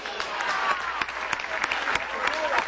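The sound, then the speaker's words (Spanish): A crowd claps steadily in dense, continuous applause for the presidential councils of Miranda State, with a few sharper claps standing out and faint voices murmuring underneath. “Un aplauso a los consejos presidenciales del Estado Bolivariano de Miranda.”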